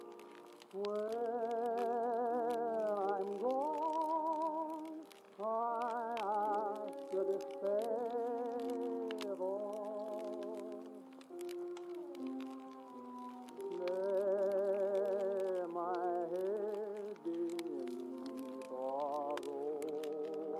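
Oldies play in another room, heard muffled and dull: wavering, sustained voices and melody lines drift continuously through the whole stretch with only brief dips. Over them, frequent sharp crackles and pops from a fireplace tick irregularly, sounding bright.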